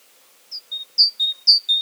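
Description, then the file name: Great tit song: a short run of bright paired notes, each high note followed by a slightly lower, longer one, repeated three times in quick succession. Subspecies kapustini. "Great Tit Parus major kapustini"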